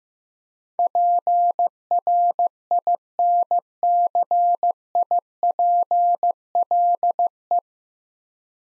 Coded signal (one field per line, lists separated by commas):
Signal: Morse code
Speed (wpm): 15 wpm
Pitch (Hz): 700 Hz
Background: none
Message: PRINCIPLE